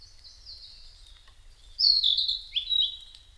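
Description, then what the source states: Narcissus flycatcher song: a soft high note, then a loud phrase of clear whistles dropping sharply in pitch partway through. Recorded 5 May 2008 at 07:22.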